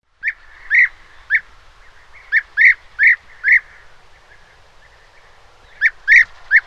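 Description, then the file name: European bee-eater giving rolling, liquid 'prruip' calls in bursts with pauses between them. "Merops apiaster"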